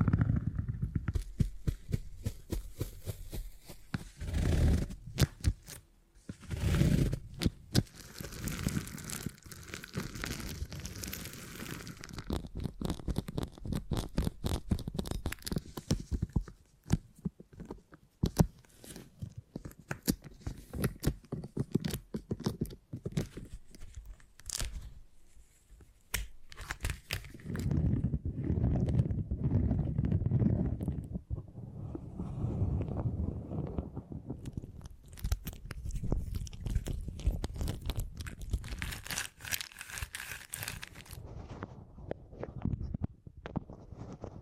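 Close, intimate sounds of beeswax being handled: sticky crinkling, tearing and tapping in a small quiet room. Dense bursts of clicky texture come and go, heaviest around 5 to 12 seconds and again near 28 to 40 seconds, with soft low rubbing between.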